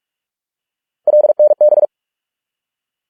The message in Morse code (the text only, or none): LNB